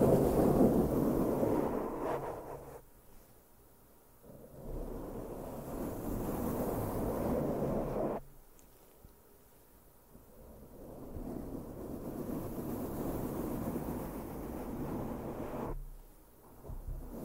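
Mic brushing, with no talking, in dense, low, rumbling sweeps that swell and fade. Loud passages run from the start to about 3 seconds, 4 to 8, and 10 to 16, each separated by a quieter pause near 3, 8 and 16 seconds.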